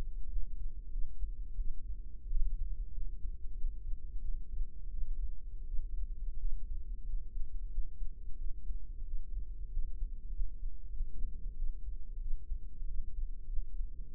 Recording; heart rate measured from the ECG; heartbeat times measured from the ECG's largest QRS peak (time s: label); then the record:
heart sounds by microphone in the right ear; 91 bpm
0.28 s: heartbeat
0.89 s: heartbeat
1.55 s: heartbeat
2.27 s: heartbeat
2.92 s: heartbeat
3.56 s: heartbeat
4.19 s: heartbeat
4.89 s: heartbeat
5.64 s: heartbeat
6.37 s: heartbeat
7.04 s: heartbeat
7.69 s: heartbeat
8.36 s: heartbeat
9.03 s: heartbeat
9.69 s: heartbeat
10.31 s: heartbeat
10.91 s: heartbeat
11.54 s: heartbeat
12.18 s: heartbeat
12.85 s: heartbeat
13.48 s: heartbeat
14.12 s: heartbeat
From the record:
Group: healthy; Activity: rest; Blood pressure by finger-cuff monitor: 132/78 mmHg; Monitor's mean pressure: 95 mmHg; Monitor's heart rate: 91 bpm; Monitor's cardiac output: 7.3 L/min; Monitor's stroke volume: 80 mL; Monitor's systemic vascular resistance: 950 dyn s/cm5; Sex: female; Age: 26 years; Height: 165 cm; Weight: 55 kg